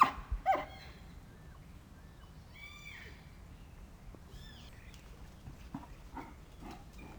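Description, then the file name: Wapiti rutting calls: faint high whistled notes with arched harmonics, heard a few times after a few sharp knocks at the start. Canadian wapiti, a red deer form, giving the rutting roar during the rut. "Олень-благородный-Cervus-elaphus-канадский-вапити-Гонный-рев"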